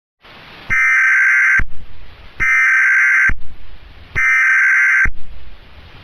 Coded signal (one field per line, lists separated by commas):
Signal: Emergency Alert System (SAME) tones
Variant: header bursts